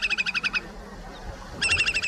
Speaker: y ahora mismo lo que están escuchando es el canto del zarapito picofino